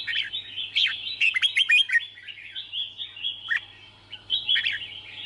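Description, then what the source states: Red-whiskered bulbul chattering song, busy overlapping chirps and quick downward slurs throughout, steady low hum underneath. Song described as 'hót chè'.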